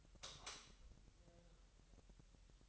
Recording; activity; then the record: daily activity, microphone in the room; light off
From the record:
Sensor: 3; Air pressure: 1001.9 hPa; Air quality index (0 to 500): 249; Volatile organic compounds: 52 ppm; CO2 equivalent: 3316 ppm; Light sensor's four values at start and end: 13/36/15/14 and 6/13/5/5